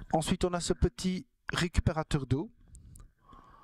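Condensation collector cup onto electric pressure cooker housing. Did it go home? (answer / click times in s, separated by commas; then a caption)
yes / 2.8 s, 3.0 s. Someone talks, then a small plastic condensation collector is slid with the thumb onto the side of an Instant Pot IP-DUO60 electric pressure cooker. Two small clicks sound at 2.8 s and 3.0 s as the collector clicks into place.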